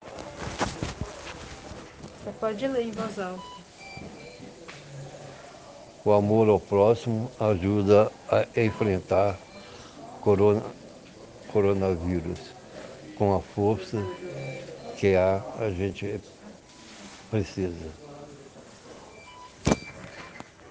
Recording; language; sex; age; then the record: spoken sentence; Brazilian Portuguese; male; 60 to 69 years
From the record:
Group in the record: respiratory insufficiency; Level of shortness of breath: 5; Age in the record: 69 years